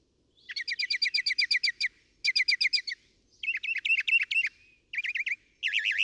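Northern mockingbird song: several phrases of fast repeated wavering, chattering notes, each phrase a different pattern, separated by short pauses.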